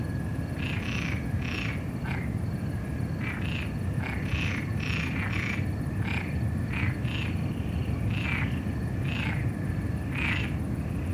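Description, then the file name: Frog croaking in short separate bursts throughout, over a heavy low rumble. "crickets and frogs"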